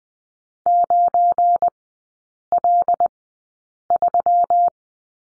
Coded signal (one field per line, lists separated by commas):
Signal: Morse code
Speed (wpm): 20 wpm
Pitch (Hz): 700 Hz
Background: none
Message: 9L3